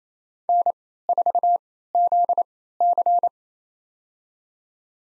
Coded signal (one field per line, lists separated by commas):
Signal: Morse code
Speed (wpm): 28 wpm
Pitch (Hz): 700 Hz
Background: none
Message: N4ZC